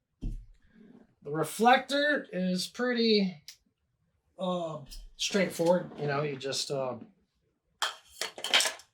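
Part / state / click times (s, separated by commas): reflector dish into video light front mount / seated / 7.8 s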